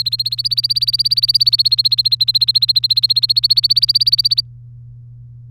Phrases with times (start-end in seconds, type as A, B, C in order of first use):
0.00-4.41 A